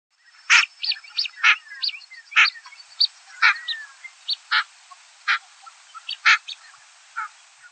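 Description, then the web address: Blue-winged teal giving many short, sharp, high peeping notes in an irregular series, some loud and some faint. "Zoo Field Guide"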